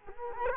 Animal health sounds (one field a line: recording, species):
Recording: mosquito wingbeat signal from an infrared sensor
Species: Culex quinquefasciatus